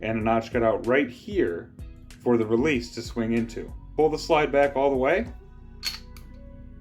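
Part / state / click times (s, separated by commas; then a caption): slide lock on pistol frame / seated / 5.9 s. Someone talks while pulling the slide of a Smith & Wesson M&P 2.0 pistol all the way back, then pushes up on the slide lock on the pistol frame. A sharp click is heard at 5.9 s as the slide lock seats, and the slide stays locked back.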